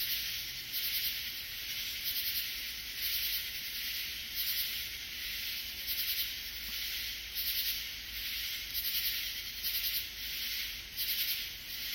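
Katydid call: regular scratchy buzzes pulsing about every one and a half seconds over a continuous shrill background hiss.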